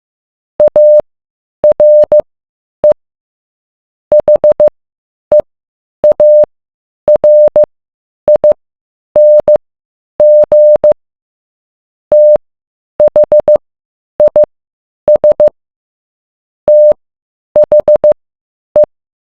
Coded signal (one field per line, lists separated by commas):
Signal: Morse code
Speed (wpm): 15 wpm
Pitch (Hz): 600 Hz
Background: none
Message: ARE HEARING THIS THE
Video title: Morse code